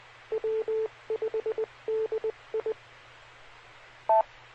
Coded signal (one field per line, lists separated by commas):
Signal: Morse code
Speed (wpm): 20 wpm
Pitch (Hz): 440 Hz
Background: none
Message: W5DI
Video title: 2014-04-13 - Central Arkansas Radio Emergency Net CAREN